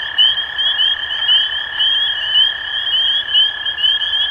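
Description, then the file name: Spring peepers peeping together, clear rising whistles repeated in rapid overlapping series above a constant lower trill. Recorded 23 March 2012. "Peepers-2012-0323"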